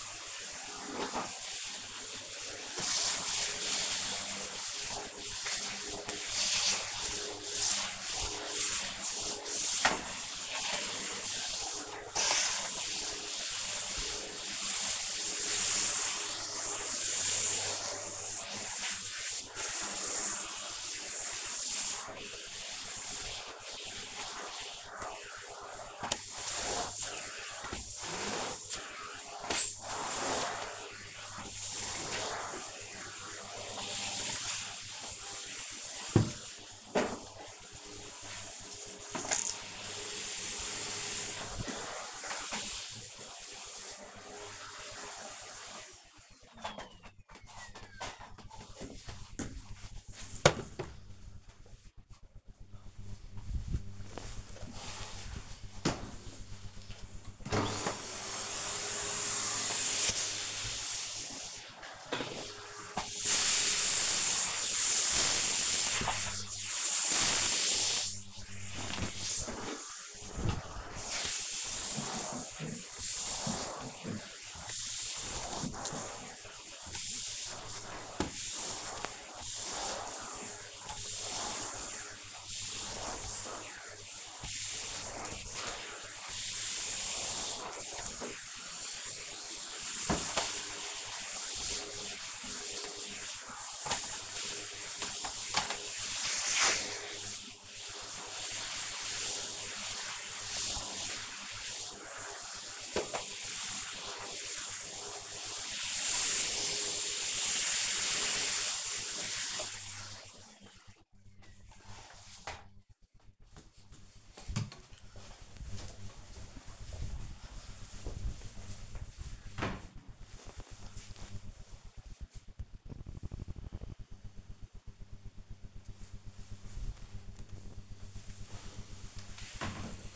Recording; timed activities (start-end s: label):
household activities, microphone on the right wrist
0.00-44.03 s: vacuum cleaning
57.09-109.36 s: vacuum cleaning